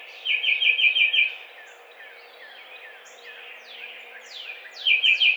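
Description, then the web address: Tufted titmouse song: a quick whistled phrase opens and another closes, with sliding, falling chirps in the gap. Recorded on 7 April 2009. "Tufted Titmouse 2009 04 07"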